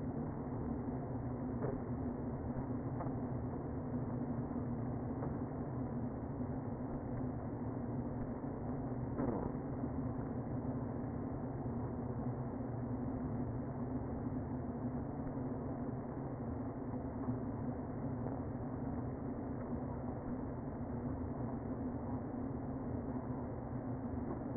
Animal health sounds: honeybee colony, microphone inside the hive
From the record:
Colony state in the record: queen present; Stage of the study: before two queens were removed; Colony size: about 60,000 bees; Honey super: yes

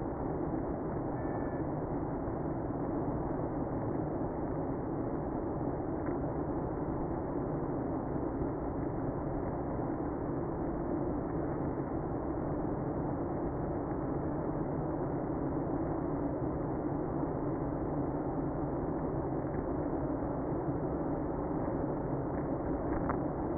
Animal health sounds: honeybee colony, microphone inside the hive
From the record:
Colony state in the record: queenless (queen removed); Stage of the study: after two queens were removed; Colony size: about 60,000 bees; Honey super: yes

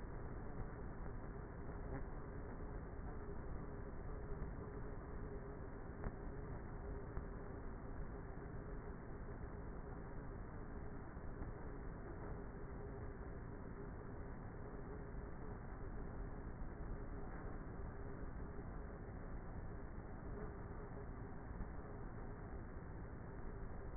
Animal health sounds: honeybee colony, microphone inside the hive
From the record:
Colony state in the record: queenless with a low population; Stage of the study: before two queens were removed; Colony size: about 30,000 bees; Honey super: no

